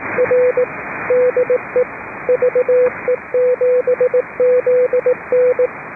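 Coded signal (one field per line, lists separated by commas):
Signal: Morse code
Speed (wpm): 18 wpm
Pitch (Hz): 500 Hz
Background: radio noise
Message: R DE VE7ZN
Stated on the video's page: Morse on the British Columbia Public Service Net on 3.729 MHz, net control operating fully remote from a boat.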